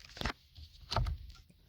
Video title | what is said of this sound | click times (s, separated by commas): How to install Mk7/7.5 Golf Steering wheel on a Mk5 Polo *EASY* | and then literally just apply pressure to one side you hear a click as the airbag goes into place then do the same on the other side | 0.2 s, 0.9 s